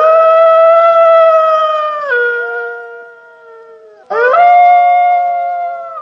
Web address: hurlement de loup